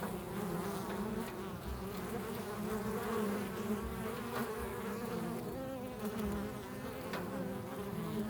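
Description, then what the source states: Bee buzzing, a steady low humming drone. Several bees recorded in a field.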